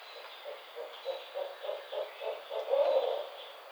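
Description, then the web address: Barred owl hooting in a steady rhythmic series, about three notes per second, building slightly toward the end over a soft hissing background. Recorded on 25 May 2009. "Barred Owl 2009 05 25"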